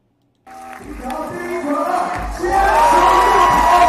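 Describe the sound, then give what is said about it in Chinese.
A crowd at a 3x3 basketball game of the 14th National Games in Xi'an, China, cheers loudly after a brief silence, the roar swelling even louder partway through, with upbeat music and scattered shouts mixed into the din. “动感的音乐，纵情的欢呼，热闹的氛围。”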